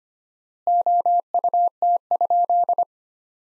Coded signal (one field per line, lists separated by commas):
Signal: Morse code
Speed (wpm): 25 wpm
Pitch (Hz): 700 Hz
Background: none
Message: OUT?